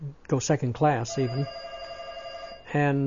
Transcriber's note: a telephone rings